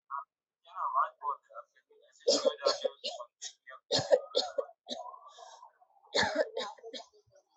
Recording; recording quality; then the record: shallow voluntary cough; excellent, no background noise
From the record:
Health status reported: exposed to COVID-19, no respiratory illness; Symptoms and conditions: none ticked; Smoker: not ticked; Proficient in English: yes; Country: India